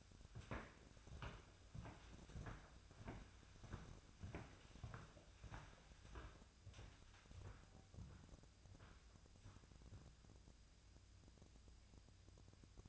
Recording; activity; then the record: daily activity, microphone in the room; walk to room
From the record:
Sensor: 2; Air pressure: 999.8 hPa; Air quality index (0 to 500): 123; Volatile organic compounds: 2 ppm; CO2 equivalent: 1063 ppm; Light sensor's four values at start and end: 31/73/33/37 and 30/72/32/36